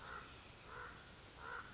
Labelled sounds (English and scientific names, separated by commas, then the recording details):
Common Raven (Corvus corax)
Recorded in Sonoma County, California